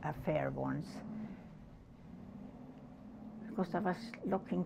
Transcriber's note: car noises in background